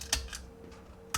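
Plastic waist buckle tabs on a plastic transforming robot figure are pushed into their slots at the figure's waist during transformation. Two sharp clicks sound at 0.1 s and 1.1 s over a faint steady hum, with a softer tick near 0.3 s. The buckles snap into place and are seated.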